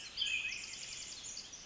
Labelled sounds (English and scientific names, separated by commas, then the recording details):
Pacific Wren (Troglodytes pacificus)
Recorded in Sonoma County, California